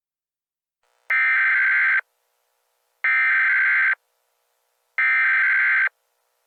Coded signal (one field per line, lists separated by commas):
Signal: Emergency Alert System (SAME) tones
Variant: header bursts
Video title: EAS Scenario: The Sniper